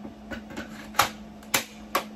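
An aluminium upper handle tube is pushed into the top of the plastic base of a Bissell ProHeat 2X Revolution 1551 carpet cleaner over a steady low hum, with sharp plastic clicks at about 1.0 and 1.6 seconds. A final click at 2.0 seconds marks the handle tube seating into the base.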